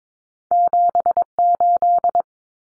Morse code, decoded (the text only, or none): 78